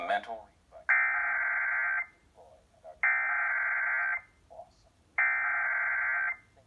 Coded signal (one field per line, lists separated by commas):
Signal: Emergency Alert System (SAME) tones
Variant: header bursts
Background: speech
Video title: SVR #9 on KHQ-DT (EAS #1082)